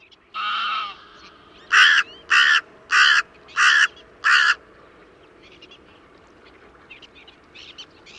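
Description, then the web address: Bird starts with one long, drawn, grating call, then five short harsh caws evenly spaced, with faint chirps afterward. "cianscape. Deverinetal 2025. Bird Only"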